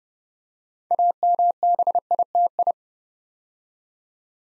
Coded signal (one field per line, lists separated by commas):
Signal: Morse code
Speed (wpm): 28 wpm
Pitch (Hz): 700 Hz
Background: none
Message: AMBITI